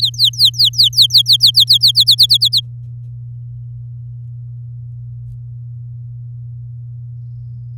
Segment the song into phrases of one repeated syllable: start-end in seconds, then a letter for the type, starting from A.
0.00-1.92 A, 1.95-2.60 B